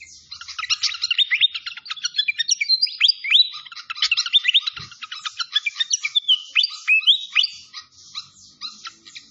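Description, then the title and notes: Malaysian pied fantail song, a dense, continuous stream of bright chirps and short rising whistles throughout, with almost no background noise. Masteran (training recording) of clear-voiced fantail song. "Masteran Sikatan Kipas Suara Jernih Dan Suara Gemericik Air. Suara Burung Sikatan Londo"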